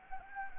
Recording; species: mosquito wingbeat signal from an infrared sensor; Anopheles gambiae